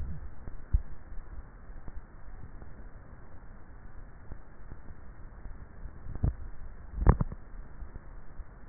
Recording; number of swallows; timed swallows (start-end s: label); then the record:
swallowing sounds by neck microphone; 1
5.90-6.63 s: swallow
From the record:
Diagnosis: dysphagia